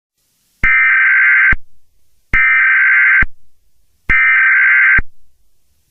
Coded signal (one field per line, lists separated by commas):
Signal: Emergency Alert System (SAME) tones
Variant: header bursts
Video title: EAS Scenario #2: Light's Rampage (Teaser) Disclaimer in descrition.